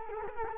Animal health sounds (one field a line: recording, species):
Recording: mosquito wingbeat signal from an infrared sensor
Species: Culex quinquefasciatus